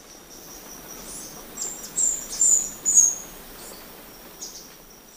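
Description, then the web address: Brown Inca calling: three thin, very high squeaky notes in quick succession midway through, over a soft background hiss. Ecuador. "Natures Songs S America Birds of Ecuador Brown Inca"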